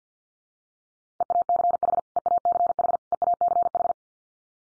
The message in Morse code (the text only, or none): EACH EACH EACH